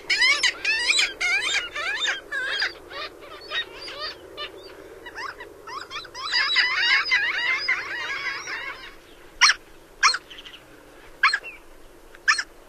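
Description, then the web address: Red-legged kittiwake calls, a burst of shrill, squealing notes in quick succession, then a pause and a few separate sharp calls near the end. "Songs of Birds of North America Stokes. Red-legged Kittiwake"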